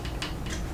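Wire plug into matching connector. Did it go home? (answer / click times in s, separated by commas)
no / none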